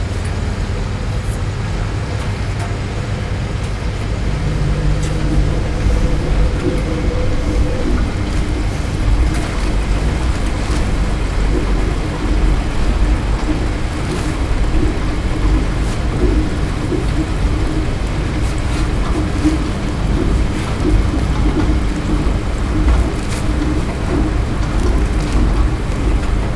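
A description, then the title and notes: Laundromat machines drone in a steady, dense low rumble with faint humming tones early on and scattered sharp clicks and knocks throughout. LAUNDROMAT.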